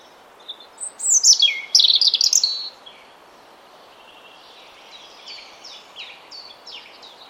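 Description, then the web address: European robin song opening with loud tumbling high notes and trills, then fading into fainter, repeated thin descending notes amid background hiss. "Deverinetal 2025 File origin Bird Only Er Ru"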